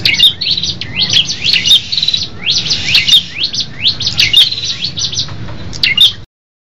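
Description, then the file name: Tailorbird song: dense, overlapping high twitters and sharp upslurred notes, with a steady low hum underneath. Several birds singing together as a group. "audio prenjak kepala merah ombyokan omkicau"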